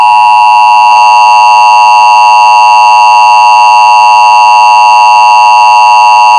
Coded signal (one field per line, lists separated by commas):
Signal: Emergency Alert System (SAME) tones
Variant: 853 and 960 Hz attention tone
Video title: Emergency Alert System